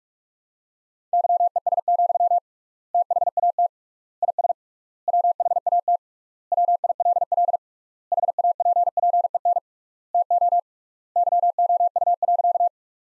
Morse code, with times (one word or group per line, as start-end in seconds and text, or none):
1.1-2.4 YES,
2.9-3.7 THAT
4.2-4.5 IS
5.1-6.0 WHAT
6.5-7.6 WILL
8.1-9.6 HAPPEN
10.1-10.6 TO
11.2-12.7 YOU.